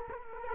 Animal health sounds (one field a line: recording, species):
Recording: mosquito wingbeat signal from an infrared sensor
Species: Culex quinquefasciatus